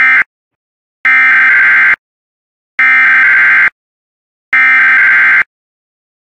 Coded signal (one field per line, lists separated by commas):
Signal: Emergency Alert System (SAME) tones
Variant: header bursts